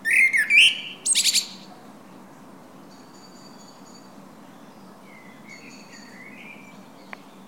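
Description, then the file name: Common blackbird gives one short song burst: a fluty warble and then a squeaky high flourish. After that it is quiet, with faint high whistles and a faint warble. "Turdus merula"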